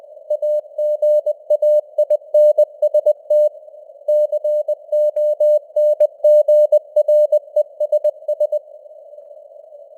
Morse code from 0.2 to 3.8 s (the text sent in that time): AGAINST